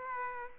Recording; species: mosquito wingbeat signal from an infrared sensor; Aedes aegypti